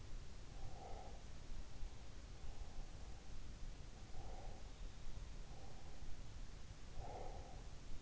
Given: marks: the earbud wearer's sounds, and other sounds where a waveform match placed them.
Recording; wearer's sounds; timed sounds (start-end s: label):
sounds in sleep by an in-ear microphone; breath
0.62-2.66 s: breath
3.69-4.94 s: breath
5.56-8.02 s: breath